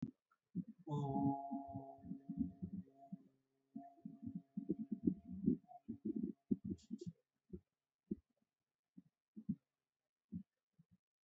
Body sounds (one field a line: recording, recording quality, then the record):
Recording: sustained vowel as in boot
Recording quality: moderate, slight background noise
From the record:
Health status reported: healthy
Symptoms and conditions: none ticked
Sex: male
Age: 39 years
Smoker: not ticked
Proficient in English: yes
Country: India